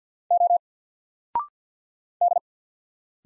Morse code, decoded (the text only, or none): O D